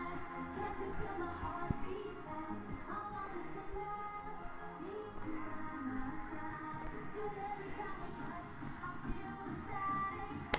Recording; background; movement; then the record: deep breathing; music; walking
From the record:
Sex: female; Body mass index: 22.6 kg/m2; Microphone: on the chest, facing the body